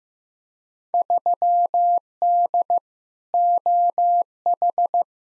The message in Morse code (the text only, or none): 3D OH